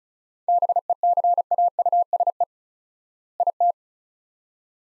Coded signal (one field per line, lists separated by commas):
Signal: Morse code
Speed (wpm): 34 wpm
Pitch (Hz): 700 Hz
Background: none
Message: BECAUSE IT